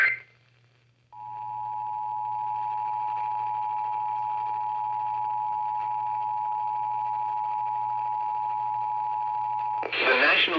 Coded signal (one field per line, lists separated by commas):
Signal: Emergency Alert System (SAME) tones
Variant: 853 and 960 Hz attention tone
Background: speech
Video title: Tracking Storms... | EAS #2405-2435 (Severe Weather Alerts from 4/5/2022)